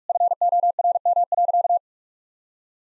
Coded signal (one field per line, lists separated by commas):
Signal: Morse code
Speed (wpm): 46 wpm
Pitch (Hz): 700 Hz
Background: none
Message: FORM.